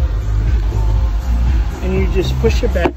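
A cabin filter cover or glovebox panel on a 2016 Subaru Forester is positioned against the dashboard so both clips sit behind their catches, ready to be pushed back into place. Someone talks over music and a steady low hum. Nothing has seated or clicked yet.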